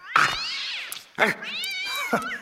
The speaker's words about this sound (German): Ein Katzenvieh! Und ich dachte schon, es wäre das Gräuel. Komm, verschwinde, du pelziger Teufel, sonst mache ich mir ein paar schöne Handschuhe aus dir.